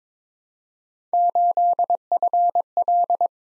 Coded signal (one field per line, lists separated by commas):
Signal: Morse code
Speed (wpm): 23 wpm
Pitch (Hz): 700 Hz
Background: none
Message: 8FL